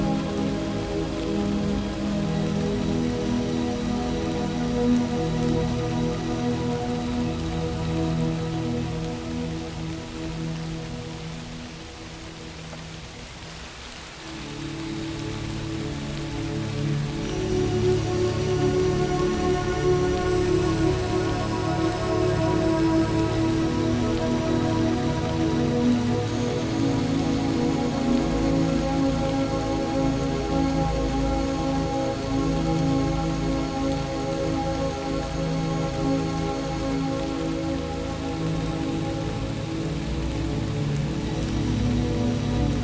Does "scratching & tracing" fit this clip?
no